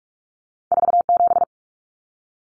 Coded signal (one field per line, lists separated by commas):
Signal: Morse code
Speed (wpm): 44 wpm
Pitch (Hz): 700 Hz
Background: none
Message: 47